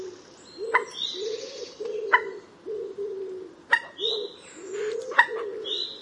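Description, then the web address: Common moorhen calls: sharp clicking notes roughly every one and a half seconds over a repeated low hooting, with other birds chirping high in the background. "black water chicken call"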